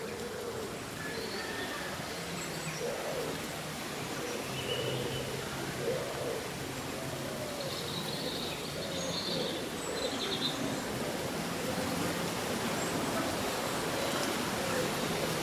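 Leaves rustle steadily in a cool summer breeze, a dense, even hiss that holds at the same level throughout. Brief, faint bird chirps surface over it now and then, a few thin high calls around the ninth and tenth seconds.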